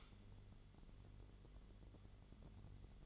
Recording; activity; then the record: daily activity, microphone in the room; light on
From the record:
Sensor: 4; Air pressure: 1008.6 hPa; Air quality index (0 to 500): 90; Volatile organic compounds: 1 ppm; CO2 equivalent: 684 ppm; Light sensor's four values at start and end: 13/29/12/11 and 13/29/12/12